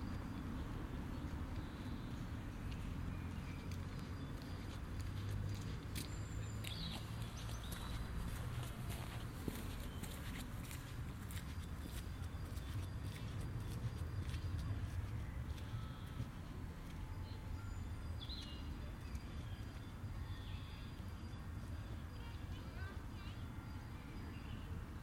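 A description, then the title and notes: Outdoor ambience in a botanical garden: a steady low rumble of traffic fills the background throughout. Brief chirps and clicks, likely birds, flicker in the high range, and faint voices surface now and then, all at a constant overall level. The Von Siebold Memorial Garden in the Hortus Botanicus in Leiden.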